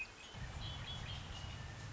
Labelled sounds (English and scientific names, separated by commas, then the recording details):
Red-winged Blackbird (Agelaius phoeniceus)
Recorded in Sonoma County, California